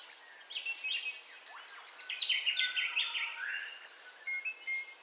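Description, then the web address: Birds in a dawn chorus, with bright chirps at first, then a long run of rapid repeated notes, and a few short calls at the end. Dawn ambience of bird calls, recorded in stereo. "Sound Effects-Foundation Updates AMBIENCE DAWN BIRDCALLS 04 STEREO"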